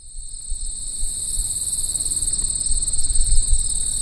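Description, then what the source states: Crickets in a continuous high-pitched chorus with fast pulsed chirps, against a low rumbling background that grows louder toward the end. Crickets recorded at Lowbanks on 15 September 2004.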